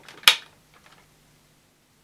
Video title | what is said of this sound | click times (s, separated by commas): Shark NV680 Powered Lift Away Speed True Pet Vacuum Cleaner Unboxing, Assembly & First Look | Just push it into place until it clicks firmly into position. | 0.3 s